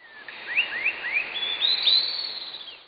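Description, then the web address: Bird giving a quick run of thin, upward-sweeping whistled notes that climb higher toward the end, over a steady background hiss. "Shumi ptici"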